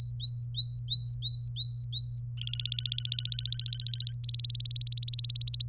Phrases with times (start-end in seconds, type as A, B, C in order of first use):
0.00-2.19 A, 2.37-4.12 B, 4.24-5.64 C